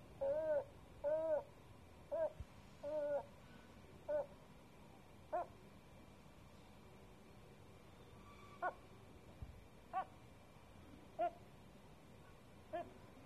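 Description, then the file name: Gull calls, first several longer mewing notes in quick succession, then shorter clipped yelps spaced about a second or more apart, with faint background hum. A gull on a roof at 3 am in Sète. "Seagull on the roof 3 am Sète"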